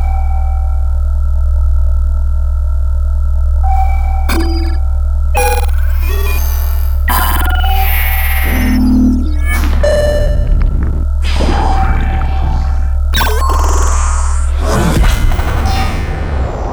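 A deep, constant reactor rumble hums beneath bright synthetic tones, pings, and whooshing bursts that pile up and intensify after about eight seconds.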